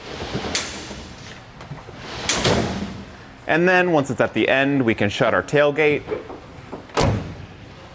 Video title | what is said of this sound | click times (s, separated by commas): How to Install the Pace Edwards UltraGroove Retractable Hard Tonneau Cover on a 2013 Ram 2500 | you'll hear it locking at those intervals | 0.6 s, 2.3 s